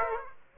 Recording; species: mosquito wingbeat signal from an infrared sensor; Aedes aegypti